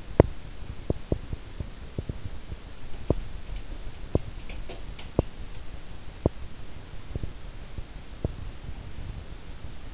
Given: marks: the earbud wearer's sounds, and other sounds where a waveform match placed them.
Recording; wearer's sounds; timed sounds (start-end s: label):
sounds in sleep by an in-ear microphone; teeth grinding
0.00-8.79 s: teeth grinding